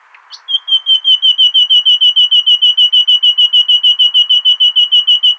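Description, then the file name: Common nightingale song: a few brief notes, then one long, fast, regular series of identical clear whistled notes kept up for roughly five seconds. "Luscinia megarhynchos"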